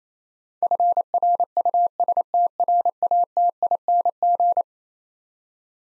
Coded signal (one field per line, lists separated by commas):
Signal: Morse code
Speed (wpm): 28 wpm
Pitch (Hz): 700 Hz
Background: none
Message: FRUSTRATING